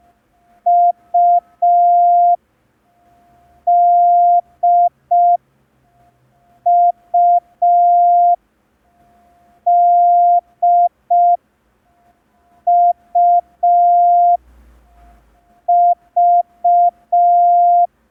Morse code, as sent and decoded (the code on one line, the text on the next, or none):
..- / -.. / ..- / -.. / ..- / ...-
U D U D U V